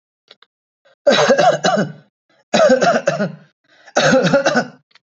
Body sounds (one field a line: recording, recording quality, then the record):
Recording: shallow voluntary cough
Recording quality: excellent, no background noise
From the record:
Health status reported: healthy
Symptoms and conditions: none ticked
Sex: male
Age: 36 years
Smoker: not ticked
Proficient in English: yes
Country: India